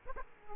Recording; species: mosquito wingbeat signal from an infrared sensor; Aedes aegypti